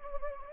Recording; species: mosquito wingbeat signal from an infrared sensor; Anopheles gambiae